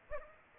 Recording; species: mosquito wingbeat signal from an infrared sensor; Aedes aegypti